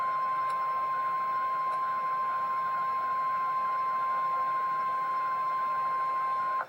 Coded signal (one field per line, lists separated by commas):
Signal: Emergency Alert System (SAME) tones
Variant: 1050 Hz attention tone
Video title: REAL EAS 982-SVR